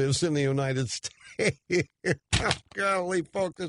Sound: laughing